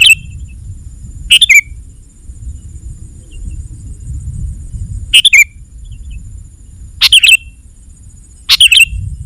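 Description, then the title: Sooty-headed bulbul song, five clipped chirpy phrases coming in irregular bursts, the longest pause near the middle, over low rumbling noise. "kutilang"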